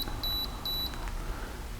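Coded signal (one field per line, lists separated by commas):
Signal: beep code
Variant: rocket flight altimeter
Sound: short high-pitched electronic beeps, two or three, followed by small clicks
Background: quiet room noise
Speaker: it's three beeps it's a morse code s for startup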